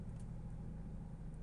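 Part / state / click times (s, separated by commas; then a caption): wiring connector into steering clock spring / not seated / none. A second wiring connector is being handled onto a new clock spring behind the steering wheel of a Toyota Hilux D-4D. Only a steady low rumble with an engine-like hum is heard, with no sharp transients. Nothing has seated or clicked yet.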